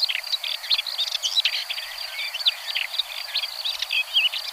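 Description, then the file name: Red-backed shrike giving a fast, dense, chattering song of mixed squeaky and scratchy notes, tumbling on without pause. "Pie grieche ecorcheur"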